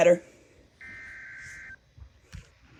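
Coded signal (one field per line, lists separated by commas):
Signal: Emergency Alert System (SAME) tones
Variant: header bursts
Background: speech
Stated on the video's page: Real Hurricane Milton alerts, including hurricane and tornado warnings.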